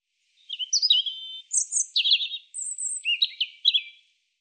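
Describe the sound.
European robin song: a varied run of high sweet whistles, slurred notes and short twittery bursts, several segments over about three and a half seconds.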